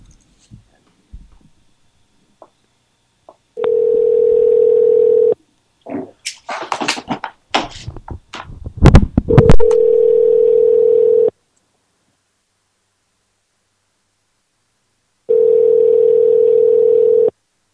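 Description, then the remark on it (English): A steady, low-pitched telephone dial tone hums, breaks off into a flurry of clicks and beeps as a number is dialed to call a man back, then the same tone returns twice in long, even stretches. “Let's call him back.”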